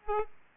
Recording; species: mosquito wingbeat signal from an infrared sensor; Aedes aegypti